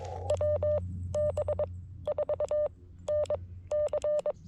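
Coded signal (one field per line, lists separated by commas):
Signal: Morse code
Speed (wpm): 21 wpm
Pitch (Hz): 590 Hz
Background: none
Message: WB4NC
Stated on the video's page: CW parks on the air activation at K-5221 Oakley Corners state forest, using FX-4CR radio and Wolf River Coils 17' whip; slow, with QRM.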